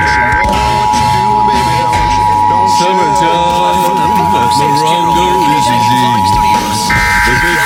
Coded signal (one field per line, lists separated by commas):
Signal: Emergency Alert System (SAME) tones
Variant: 853 and 960 Hz attention tone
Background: speech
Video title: Pacific IPAWS Required Weekly Test (EAS #699-702) 7/31/23